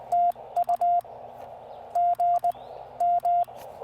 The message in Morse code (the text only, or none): TU GM